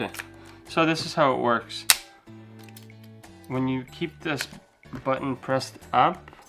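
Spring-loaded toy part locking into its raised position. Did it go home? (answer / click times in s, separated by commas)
no / none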